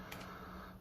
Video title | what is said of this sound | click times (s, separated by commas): WILL IT WORK? 1 Gba game on 2 Gba's at the same time???? | so click into place it's now inserted into both game consoles at the same time and | 0.1 s